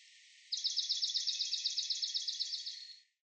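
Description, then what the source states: Swamp sparrow giving a steady trill of many evenly repeated notes lasting over two seconds, then stopping. Recorded on 13 June 2019.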